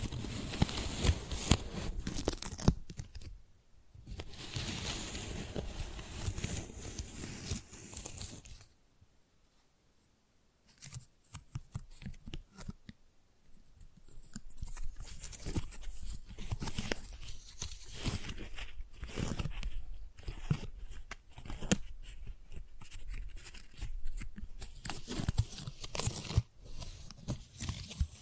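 Tingly flower sounds: dry crinkling, tearing and rustling as petals and stems are handled. Dense crackly rustling fills the first eight seconds, then falls nearly silent for about three seconds before sharp, uneven crinkles and snaps return and thicken toward the end.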